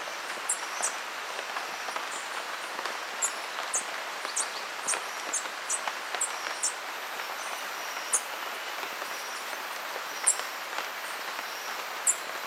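Green honeycreeper calls: high, thin ticking chips repeated irregularly throughout, over a continuous hissing background.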